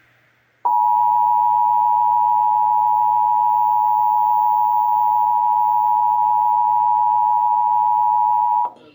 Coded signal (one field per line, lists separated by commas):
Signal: Emergency Alert System (SAME) tones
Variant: 853 and 960 Hz attention tone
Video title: (EAS #959-965) November 2025 Texas Required Monthly Test